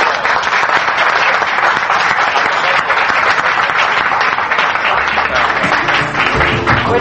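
An audience at a conference applauds steadily for about seven seconds, a dense, even wash of many hands clapping with no pauses, loud throughout, with a faint low hum creeping in near the end.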